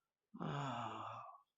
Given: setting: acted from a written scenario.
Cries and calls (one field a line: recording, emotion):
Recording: vocal sound without words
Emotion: ecstasy